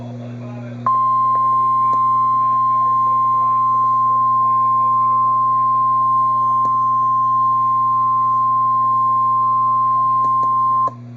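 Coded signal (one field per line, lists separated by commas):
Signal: Emergency Alert System (SAME) tones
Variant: 1050 Hz attention tone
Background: speech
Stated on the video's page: Real NOAA Weather Radio tornado warning alert.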